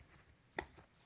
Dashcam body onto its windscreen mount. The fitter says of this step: probably use that one clicks into place nicely